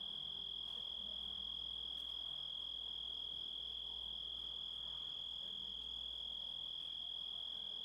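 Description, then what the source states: Grasshopper stridulation, a sustained high tonal trill without breaks, over a faint low hum. Composite of grasshopper sounds.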